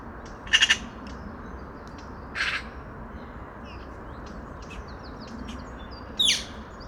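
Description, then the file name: Eurasian magpie giving a brief harsh rattle, then a single rasping note and a sharp squawk, with thin high chirps from other birds between them. "Pica pica"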